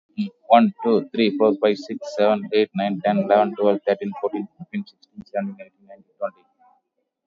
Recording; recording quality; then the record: counting at a normal pace; excellent, no background noise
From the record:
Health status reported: COVID-19 positive, no symptoms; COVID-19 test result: positive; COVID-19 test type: RT-PCR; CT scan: taken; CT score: 7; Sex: male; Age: 50 years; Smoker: no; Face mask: worn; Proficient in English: yes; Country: India